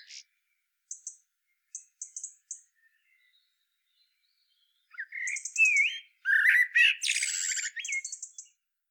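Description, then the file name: Common blackbird: a few short high chips at first, then after a pause a loud phrase of flutey whistles ending in harsh, high-pitched twittering. "Turdus merula"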